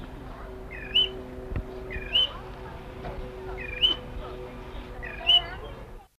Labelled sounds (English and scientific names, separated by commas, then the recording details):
Great Grey Shrike (Lanius excubitor) call
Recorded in captivity
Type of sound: call
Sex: female
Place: Alpenzoo Innsbruck, Tirol, AT
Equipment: Halbspur, 9,5 cm/s
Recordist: Lütgens, Hans
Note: Rufe